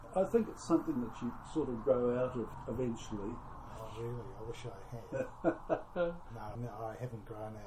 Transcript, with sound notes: I think it’s something that you sort of grow out of eventually… I really… I wish I had. [Chuckle] No, I mean I haven’t grown out of them.